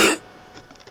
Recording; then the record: coughing mixed with background sound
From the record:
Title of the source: 60 coughing still (deep and wet cough)